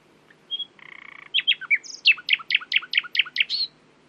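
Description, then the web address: Common nightingale song: a high whistle, a buzzy rattle, then a fast series of several loud repeated chirping notes. "owen Common Nightingale (Luscinia megarhynchos)"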